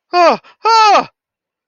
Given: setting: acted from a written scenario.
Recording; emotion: vocal sound without words; fear